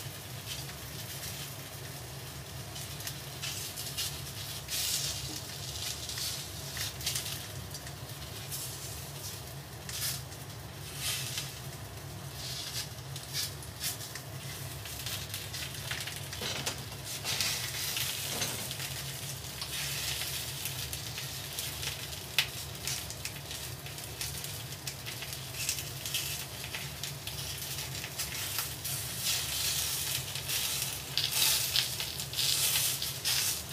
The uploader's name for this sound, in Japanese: 煮物と包丁研ぎ